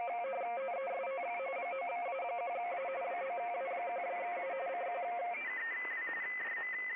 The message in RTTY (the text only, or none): TEST 9A1A 9A1A CQ